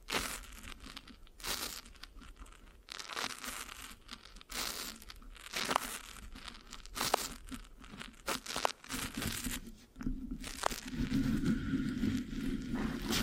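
Mic scratching with a sticky, crinkly texture, made of quick bursts of scraping and tearing sounds that come in an irregular rhythm. The sounds are dense and bright, with short pauses between strokes. After about ten seconds a steadier, lower rubbing takes over.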